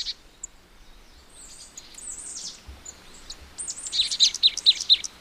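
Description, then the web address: Marsh tit calls: a few thin, high, sharp notes early on, then a quick run of five notes near the end, against faint background hiss. "agykontroll Madardalok Cd 1. Barátcinege"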